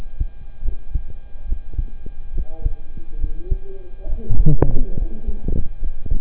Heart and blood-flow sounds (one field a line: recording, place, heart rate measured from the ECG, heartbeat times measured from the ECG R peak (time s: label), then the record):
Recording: heart sounds by stethoscope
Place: between the tricuspid and mitral areas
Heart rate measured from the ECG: 70 bpm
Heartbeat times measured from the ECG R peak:
0.63 s: heartbeat
1.47 s: heartbeat
2.34 s: heartbeat
3.19 s: heartbeat
4.07 s: heartbeat
4.96 s: heartbeat
5.79 s: heartbeat
From the record:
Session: rest, sitting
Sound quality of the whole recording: good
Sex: male